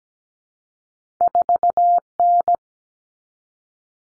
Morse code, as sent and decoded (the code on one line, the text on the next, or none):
....- -.
4N